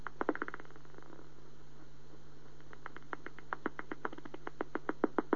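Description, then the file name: Greater mouse-eared bat calls as dry clicking pulses, a loose uneven bunch at first, a quiet gap, then a steadier fast run of ticks. "gr mausohr"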